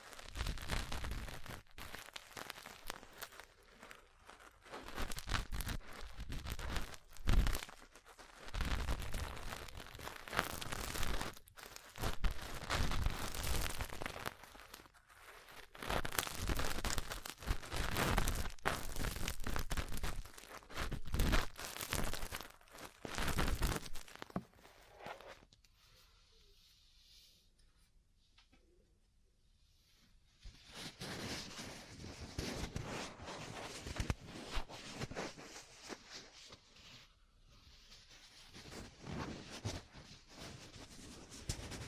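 Ear cleaning and massage sounds: dense, scratchy rustling and crinkling with repeated soft thumps and taps, busy and uneven for the first twenty-five seconds. A near-silent pause follows around 26 to 31 seconds, then quieter, lighter brushing and rubbing resumes.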